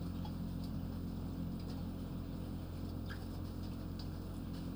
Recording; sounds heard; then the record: poultry house recording; healthy chickens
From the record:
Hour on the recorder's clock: 20